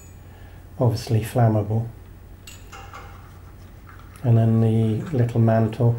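Someone talks while handling a small gas mantle at the burner holder of an old acetylene lighthouse lamp mechanism, with faint knocks at about 2.5 s and 3.9 s between the phrases. The mantle has not seated or locked into place yet.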